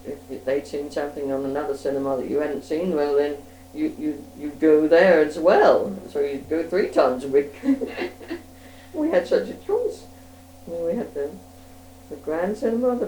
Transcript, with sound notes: If they'd seen something on another cinema that you hadn't seen, well then you, you'd go there as well.
Mhm.
So you'd go three times a week! [laughs] We had such a choice! We had the Grand Cinema.